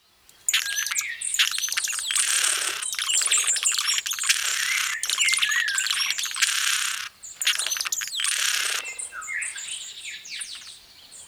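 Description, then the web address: Blue-throated hummingbird giving long bursts of harsh, buzzy, rapid chatter in high pitches, with short pauses between phrases and thinner squeaky notes at the end. "le chant du colibri a gorge bleue"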